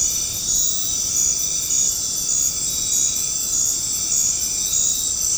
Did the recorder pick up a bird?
no